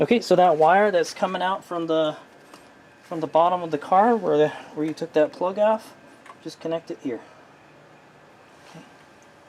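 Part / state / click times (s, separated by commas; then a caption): trailer harness connector into vehicle wiring plug / not seated / none. A Toyota OEM trailer wiring harness connector is being fitted to the vehicle-side plug taken off at the bottom of a Toyota RAV4 Prime PHEV while someone talks, with a brief faint sound near 2.5 s and quiet handling toward the end. Nothing has seated or clicked yet; the clip ends before the connector snaps home.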